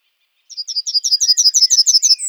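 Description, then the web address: Yellowhammer song: a fast string of sharp, high repeated notes ending in a higher drawn-out note that is cut short. "birdify. emberiza citrinella"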